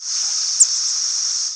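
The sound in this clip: Pine warbler: a continuous, high, buzzy sound lasting about a second and a half, with one brief sharper note partway through.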